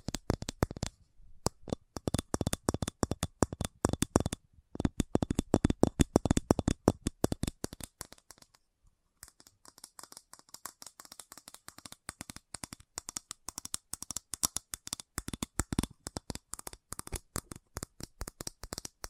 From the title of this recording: Fast Tapping